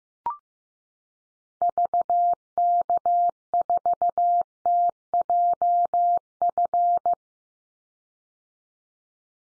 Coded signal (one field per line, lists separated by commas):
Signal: Morse code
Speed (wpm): 15 wpm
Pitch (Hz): 700 Hz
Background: none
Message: VK4TJF